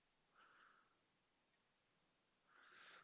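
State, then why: Not seated. A plastic part from a Jaguar E-type model kit is being lined up on the locating pins of the car body before it is pressed home. Two soft, breathy bursts centred around 1–2 kHz are heard, one at about 0.4–0.8 s and a louder one at about 2.5–3.0 s, over quiet background hiss. Nothing has seated or clicked yet.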